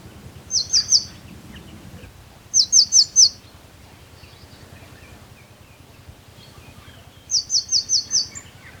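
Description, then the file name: Eurasian blue tit calling in three bursts of a few high, thin, sharply falling notes each, over a low background hum. "Cyanistes caeruleus"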